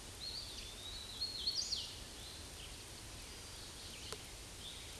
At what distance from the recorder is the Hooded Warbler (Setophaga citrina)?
about 40 m